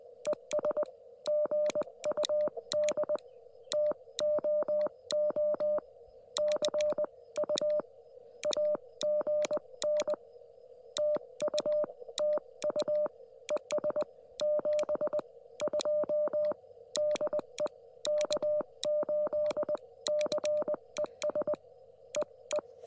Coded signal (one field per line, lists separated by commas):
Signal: Morse code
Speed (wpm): 20 wpm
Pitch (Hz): 600 Hz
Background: none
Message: ES GUD TOO C U AGN TU TU ES 72 DE K8CES EE